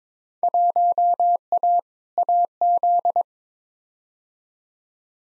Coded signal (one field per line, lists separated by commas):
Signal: Morse code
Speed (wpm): 22 wpm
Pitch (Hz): 700 Hz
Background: none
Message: 1A AZ